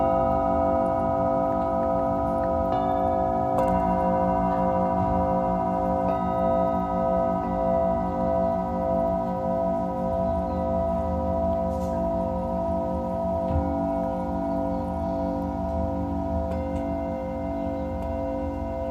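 Tibetan singing bowls ring in a continuous layered drone with slow wavering pulses, soft new strikes every few seconds keeping the tone steady.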